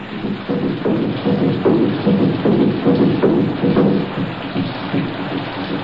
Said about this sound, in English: Sound drum for marriage ceremony.